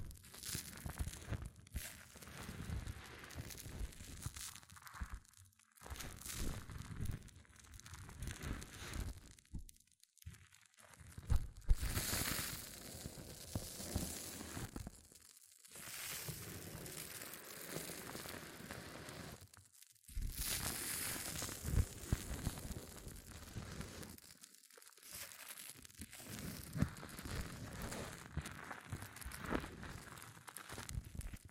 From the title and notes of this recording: ASMR Extreme Fizzing Tingles Hair Mousse Sounds(No Talking).